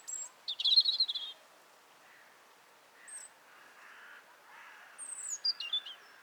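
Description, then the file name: European robin song: a short phrase of high, tinkling trills, a quiet gap with faint lower sounds, then a second brief phrase of thin descending whistles. "Erithacus rubecula"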